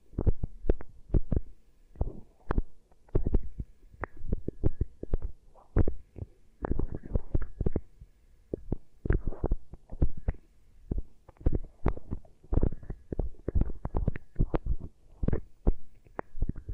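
Ear triggers with beeswax: soft, sticky crackles and pops pressed and squished, in irregular bursts throughout. Sharp clicks land several times a second, some bright and snappy, others dull thumps with a low, muffled rumble underneath. A faint steady hum sits between the sounds.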